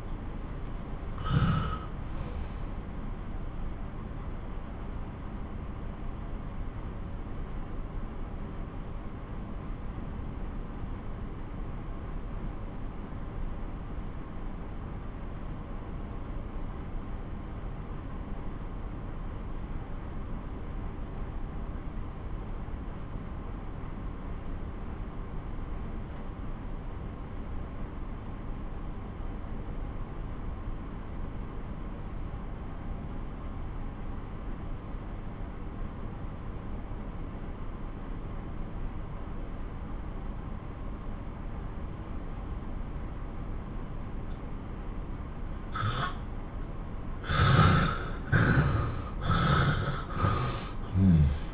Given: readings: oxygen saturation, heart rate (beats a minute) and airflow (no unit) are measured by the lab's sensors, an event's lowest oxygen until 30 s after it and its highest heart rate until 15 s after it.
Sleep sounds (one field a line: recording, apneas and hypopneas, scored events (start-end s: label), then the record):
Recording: breathing in sleep by a smartphone at the bedside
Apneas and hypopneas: 1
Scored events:
4.00-44.70 s: obstructive apnea (N2, oxygen 95% highest, then 86% lowest)
From the record:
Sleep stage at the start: N2 (light sleep)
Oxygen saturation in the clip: 85 to 95%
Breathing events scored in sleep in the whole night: 217 in 6.3 hours asleep